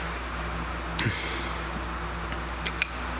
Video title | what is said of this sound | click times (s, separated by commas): How to Powder Coat Brembo Brakes, Disassembly and Rebuild - Ep 39 | And they kind of snap into place so you know exactly where they're supposed to be. | 1.0 s, 2.8 s